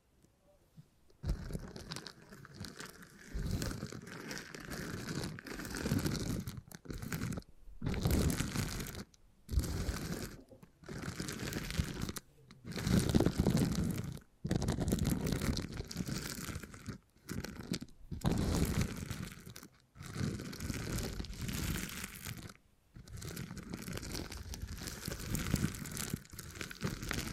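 Beeswax being worked with the hands gives a dense, crackling crinkle and crunch, like stiff material being squeezed and bent. The sound comes in bursts of a second or several seconds, broken by short silent gaps, starting after a quiet first second and continuing steadily to the end.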